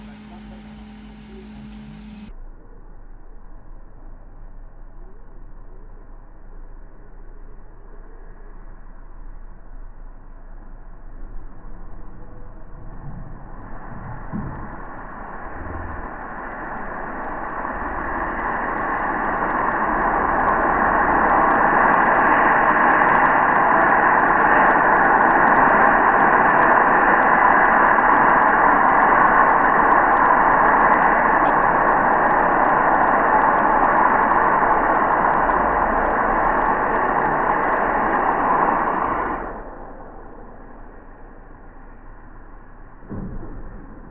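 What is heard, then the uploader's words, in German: A steam locomotive departs. A low, quiet rumble swells from about 13 seconds into a loud, dense, steady roar and hiss with faint crackling on top, holding until around 39 seconds. It then drops off sharply, leaving a softer rumble. Dampflokausfahrt Großbothen --> Tanndorf. Bespannung: 50 3648. Fahrtroute: Chemnitz – Mittweida – Döbeln – Leisnig – Grimma und zurück.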